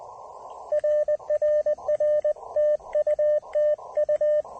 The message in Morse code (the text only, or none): RRR TU TU